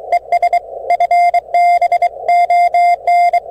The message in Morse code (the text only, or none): ES FB ON